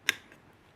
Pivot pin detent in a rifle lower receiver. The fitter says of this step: then just rotate the pivot pin until you hear it that detent snap into place